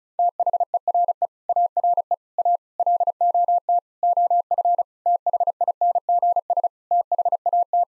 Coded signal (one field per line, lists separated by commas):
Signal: Morse code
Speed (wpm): 34 wpm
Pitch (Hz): 700 Hz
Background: none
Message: THERE ARE A LOT OF THINGS THAT